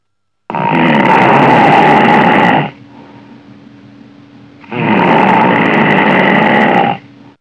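Two long, loud, rattling snores about four seconds apart, with quiet breathing between them, from an adult sleeper.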